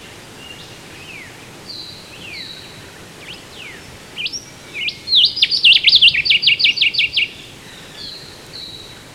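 Whipbird call: a few downward-sweeping whistles, then a sharp note and a rapid run of many repeated buzzy notes.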